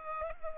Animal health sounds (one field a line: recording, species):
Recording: mosquito wingbeat signal from an infrared sensor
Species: Culex pipiens